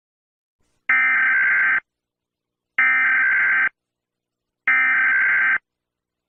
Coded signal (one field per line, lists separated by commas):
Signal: Emergency Alert System (SAME) tones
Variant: header bursts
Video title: EAS Scenario : Wario Apparition